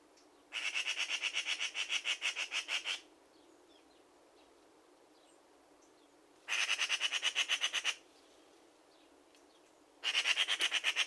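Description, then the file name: Eurasian magpie chattering: three harsh, rattling bursts of rapid, evenly pulsed notes, the first lasting over two seconds, separated by quiet gaps with faint background hiss. "Pica pica"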